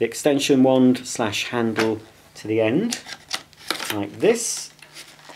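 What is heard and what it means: Someone talks while fitting the extension wand/handle onto the end of a vintage Hooverette stick vacuum cleaner, to avoid stooping or bending. Quieter handling sounds are heard between the speech. The wand has not seated or clicked in place yet.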